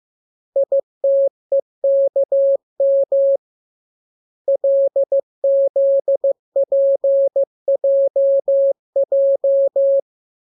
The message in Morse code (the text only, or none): ITEKM LZPJJ